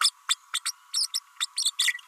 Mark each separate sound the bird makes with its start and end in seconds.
0.00-0.10, 0.28-0.36, 0.53-0.60, 0.65-0.72, 0.93-1.07, 1.14-1.19, 1.40-1.46, 1.56-1.71, 1.78-1.93